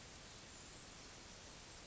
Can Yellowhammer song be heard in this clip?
no